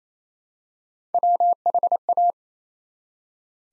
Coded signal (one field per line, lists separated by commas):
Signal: Morse code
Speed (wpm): 28 wpm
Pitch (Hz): 700 Hz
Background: none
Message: WHA